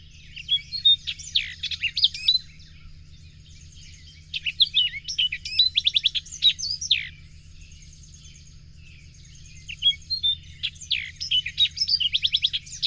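Bird song in several bursts of high twittering, varied chirps and buzzy notes, separated by pauses of a few seconds, with a constant low hum underneath.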